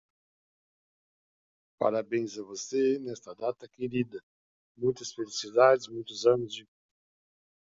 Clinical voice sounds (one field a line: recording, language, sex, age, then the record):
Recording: short text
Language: Brazilian Portuguese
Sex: male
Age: 70 to 79 years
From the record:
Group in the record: control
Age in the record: 70 years